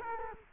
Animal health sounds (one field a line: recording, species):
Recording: mosquito wingbeat signal from an infrared sensor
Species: Culex quinquefasciatus